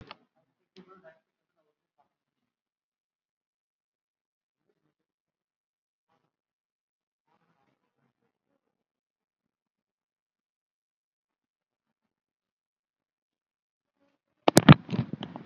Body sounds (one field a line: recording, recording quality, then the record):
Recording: shallow breathing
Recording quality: poor, much background noise or distortion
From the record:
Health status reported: COVID-19 positive, mild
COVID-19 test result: positive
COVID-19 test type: RT-PCR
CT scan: not taken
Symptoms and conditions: fatigue, muscle pain, hypertension, diabetes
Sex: female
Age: 67 years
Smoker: no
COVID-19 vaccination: none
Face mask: not worn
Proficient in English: no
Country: India